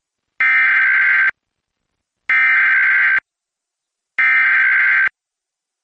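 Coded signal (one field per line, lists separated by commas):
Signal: Emergency Alert System (SAME) tones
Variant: header bursts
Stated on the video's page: Texas Amber Alert EAS aired on a radio station during a high school football broadcast.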